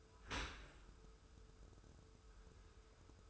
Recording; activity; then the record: daily activity, microphone in the room; open dishwasher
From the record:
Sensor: 2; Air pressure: 1014.8 hPa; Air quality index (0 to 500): 25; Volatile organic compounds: 0 ppm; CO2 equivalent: 500 ppm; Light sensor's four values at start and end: 10/23/9/10 and 10/23/9/10